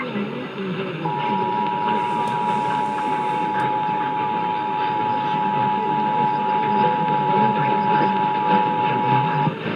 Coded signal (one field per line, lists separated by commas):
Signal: Emergency Alert System (SAME) tones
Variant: 853 and 960 Hz attention tone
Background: speech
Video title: Iowa RMT on WHO (6/2/21)(EAS 724)